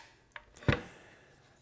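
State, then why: Seated. After pressing the trigger release, a TS55/TS75 plunge circular saw is pushed down until its body clicks into the down-position blade-change lock, which holds the blade down and stops it from rotating. A sharp click is heard at 0.4 s, followed by a louder, low thud around 0.7 s that fades quickly. The saw is seated in the lock.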